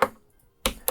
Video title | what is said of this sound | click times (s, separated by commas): Ultimate-ULTIMATE 3D Rendering Workstation Build [$19000] - AMD 3995WX + ASUS 2x RTX 3090 | click so basically this makes sure that you've got perfect tension on the CPU | 0.7 s